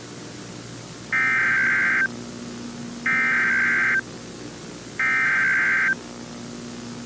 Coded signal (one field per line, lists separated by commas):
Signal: Emergency Alert System (SAME) tones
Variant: header bursts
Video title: [Mini EAS Scenario] The Mandela Catalogue